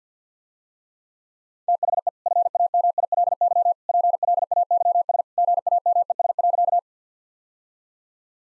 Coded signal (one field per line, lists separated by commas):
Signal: Morse code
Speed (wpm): 50 wpm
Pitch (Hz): 700 Hz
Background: none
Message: THE FAMILY PLAYS GAMES.